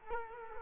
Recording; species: mosquito wingbeat signal from an infrared sensor; Culex quinquefasciatus